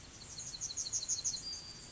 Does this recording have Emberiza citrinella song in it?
yes